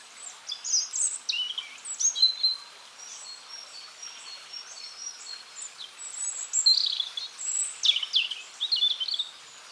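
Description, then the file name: European robin song, a near-continuous stream of high, varied squeaky whistles and trills, rising and falling quickly, over faint hiss. "Erithacus rubecula"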